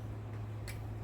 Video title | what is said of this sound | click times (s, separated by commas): Paris Hilton For him review. | Clicks into place. | 0.7 s